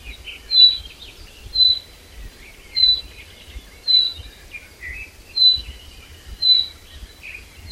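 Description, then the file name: Common chaffinch calling with a single high whistle repeated about every second, and softer warbling chirps between. "Fringilla coelebs"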